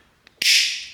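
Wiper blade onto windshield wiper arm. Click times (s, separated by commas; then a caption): 0.4 s. A wiper blade, with the arrows and circles on its adapter lined up with those on the windshield wiper arm of an Audi S5, is pushed down onto the arm. After a faint tick at 0.3 s, a sharp click at 0.4 s rings out with a bright, high-pitched decaying tail as the blade snaps into place, showing it is seated.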